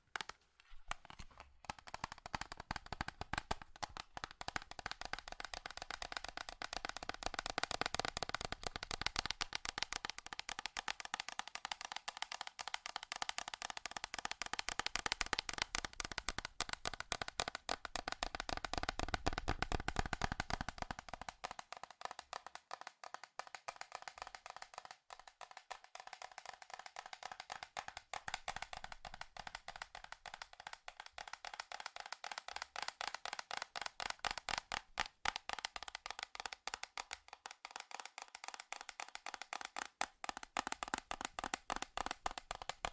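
Fast, furious tapping on metal runs for the whole clip in a dense, rapid stream of sharp clicks and taps. The sound is bright and clattery, with a fuller low thud mixed in during the first twenty seconds, then thinning out and returning briefly later.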